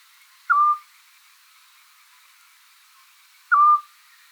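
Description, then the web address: Eurasian scops owl giving two short, slightly falling whistled notes spaced three seconds apart in a quiet background. "otus scops call"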